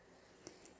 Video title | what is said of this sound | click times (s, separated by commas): Api all'Uncinetto: Righe Perfette Senza Gradino | It's really as if there were a hinge that rotates and the ring snaps back into place perfectly without being deformed. | 0.5 s